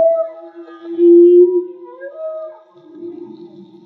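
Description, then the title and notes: Whale vocalizing a long droning low note that brightens and loudens, while a higher tone rises briefly above it before fading into a grumble. Whale song; field recording made with DIY hydrophones, audio cleaned afterwards. "CANTO DE BALLENAS MAGMA. Grabación de campo y construcción dehidrofonos DIY: Jorge Barco. Limpieza de audio: Santiago Minotas"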